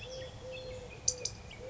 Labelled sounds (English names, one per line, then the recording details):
Eurasian Collared Dove
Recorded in Sonoma County, California